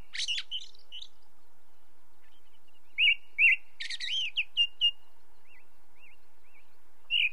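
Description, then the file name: Ring ouzel singing: a scratchy twittering start, then clear fluty notes repeated in short runs, brief chatter, faint wavy whistles and a final fluty note. Heard against a background of light nature noise. "belozobij drozd na fone legkij shum prirodi"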